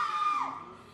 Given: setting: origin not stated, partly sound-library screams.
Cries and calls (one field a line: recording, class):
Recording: one-second piece from a danger detection set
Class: woman in danger